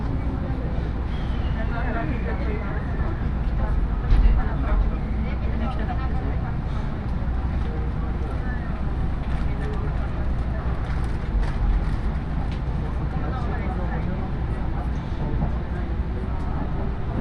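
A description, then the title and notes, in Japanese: A train ride on the Iida Line, with a steady, heavy low rumble running throughout at an even level. Faint voices murmur over the noise, scattered clicks and rattles come and go, and a brief falling whine sounds near the start. 鉄道旅 飯田線 辰野→伊那市。やってきたのは313系の2両編成。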